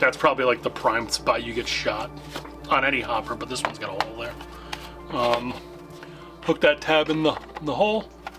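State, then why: Not seated. The top shell half of a Virtue Spire IR2 paintball loader has its tab hooked into the front hole of the plastic loader body and is about to be pushed down. Someone talks over background music while a few sharp taps and handling sounds are heard. The shell has not yet seated or clicked into place.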